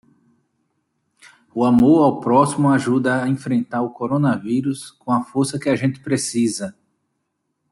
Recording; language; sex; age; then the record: spoken sentence; Brazilian Portuguese; male; 40 to 49 years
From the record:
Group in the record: control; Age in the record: 41 years